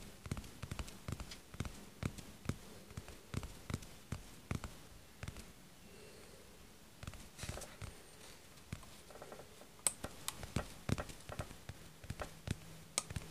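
Quick, hard tapping in uneven bursts, with sharp clicks landing several times a second for most of the clip. Around six to seven seconds the taps thin out to a softer, muffled rubbing before fast, forceful tapping returns. A low hum runs underneath.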